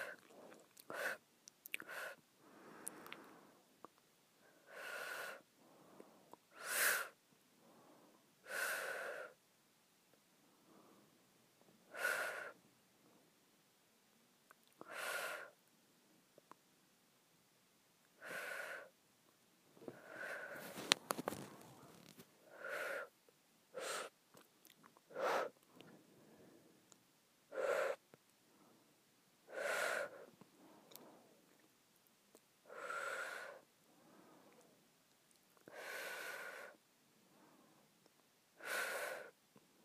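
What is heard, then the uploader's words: Repeated inward breaths, each a short airy hiss lasting about a second, arrive every two to three seconds with quiet gaps between. Some breaths are louder and more forceful. Around the twenty-second mark comes a rougher, denser burst of noise. Inward Breathing.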